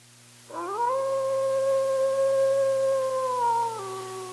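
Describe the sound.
Wolf howl beginning abruptly, holding a long, steady tone with overtones, then stepping down in pitch near the end.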